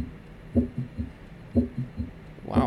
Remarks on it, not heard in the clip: A high-pitched sound between S1 and S2, and that's an example of a click of mitral valve prolapse. As you. Stand this patient up because you decrease venous return to the left ventricle, the click and the murmur will occur earlier. As you squat the patient, the click and murmur will occur later.